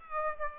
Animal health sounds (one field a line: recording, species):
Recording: mosquito wingbeat signal from an infrared sensor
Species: Aedes aegypti